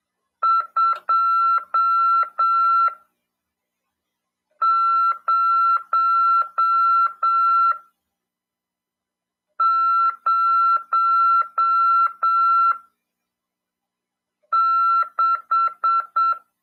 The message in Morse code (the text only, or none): 2006